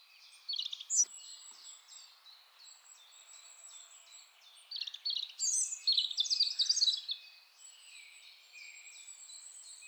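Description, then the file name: European robin song, with faint high notes at first, then a louder sparkling phrase of rapid trills midway, over soft background bird calls. "Erithacus rubecula"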